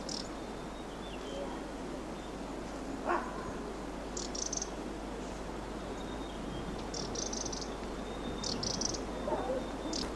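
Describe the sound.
Black-throated bushtit calls: faint high buzzy trills in short bursts at irregular intervals, with scattered softer chirps and a constant low hum.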